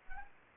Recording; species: mosquito wingbeat signal from an infrared sensor; Anopheles arabiensis